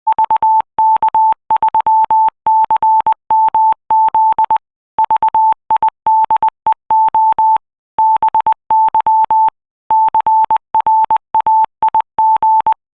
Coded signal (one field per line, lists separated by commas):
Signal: Morse code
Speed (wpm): 20 wpm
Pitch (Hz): 880 Hz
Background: none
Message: VK3CMZ VIDEO BY CRAIG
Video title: 2019 BAREC WSPR Station Demo